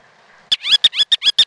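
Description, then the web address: Ruddy turnstone call: a fast run of clipped, high chattering notes with rising twists, starting abruptly after a faint background hum. "Peterson North American Birds. rutu"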